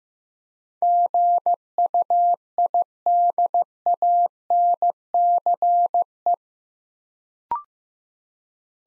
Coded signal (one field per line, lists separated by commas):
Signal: Morse code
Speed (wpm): 15 wpm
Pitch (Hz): 700 Hz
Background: none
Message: GUIDANCE